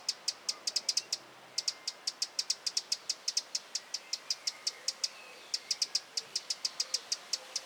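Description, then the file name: Eurasian wren calling with crisp clicking ticks in fast runs separated by short pauses, against a quiet background. "Troglodytes troglodytes"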